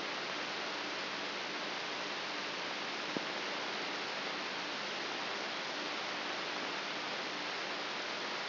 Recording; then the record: brain microelectrode recording played as sound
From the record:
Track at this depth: inside the subthalamic nucleus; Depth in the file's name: 4.04 mm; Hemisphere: right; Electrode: 3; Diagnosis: Parkinson's disease